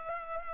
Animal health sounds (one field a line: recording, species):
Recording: mosquito wingbeat signal from an infrared sensor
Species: Culex pipiens